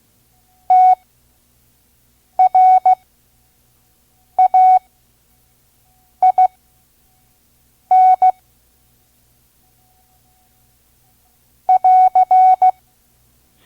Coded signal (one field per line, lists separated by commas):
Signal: Morse code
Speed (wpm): 16 wpm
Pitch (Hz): 740 Hz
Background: none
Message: TRAIN <AR>